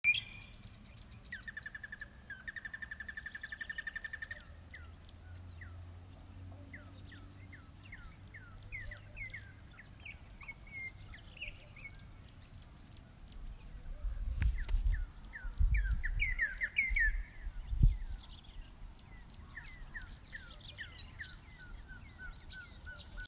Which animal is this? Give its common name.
Red-and-yellow Barbet